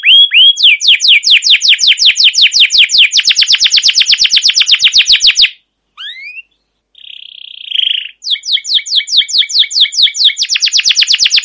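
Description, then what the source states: Canary song with a long, very fast rolling trill, a short pause, a rising chirp and buzzy note, then the rapid trill resumes. Canary with long, continuous trilling 'ngerol' and 'cuit cuit' song, used as a lure and master recording for training other canaries.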